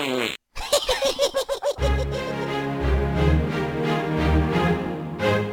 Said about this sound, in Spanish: Todo el mundo se tira pedos. Los niños, las niñas, los mayores.